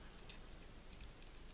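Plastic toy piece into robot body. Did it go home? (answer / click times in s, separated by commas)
no / none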